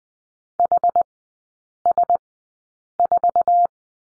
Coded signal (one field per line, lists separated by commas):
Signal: Morse code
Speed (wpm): 20 wpm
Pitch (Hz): 700 Hz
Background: none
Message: HS4